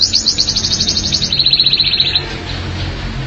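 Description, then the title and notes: Canary singing a rapid, high-pitched trill that drops to a slightly lower, steady rolling trill before stopping; a low hum sits underneath. "BM Suara Kenari. BM Suara Burung Kenari"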